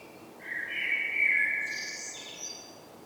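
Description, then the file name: Common blackbird, one fluted song phrase, low and mellow at first, breaking into a high thin squeaky flourish at the end. "Turdus merula"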